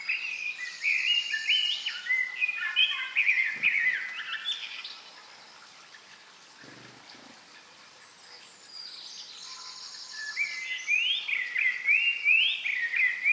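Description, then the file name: Common blackbird song: rich warbled whistles with high twittering, a quiet gap, then another fluty phrase. "Turdus merula"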